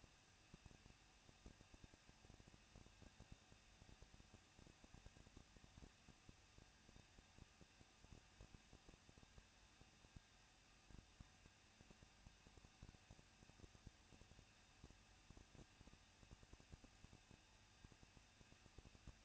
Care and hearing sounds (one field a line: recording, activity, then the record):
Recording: daily activity, microphone in the room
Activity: no activity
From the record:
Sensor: 2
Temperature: 21.0 degrees Celsius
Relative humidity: 37.3%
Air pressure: 1006.4 hPa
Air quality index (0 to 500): 220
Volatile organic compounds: 23 ppm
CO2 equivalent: 2778 ppm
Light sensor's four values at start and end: 2/3/2/2 and 2/3/2/2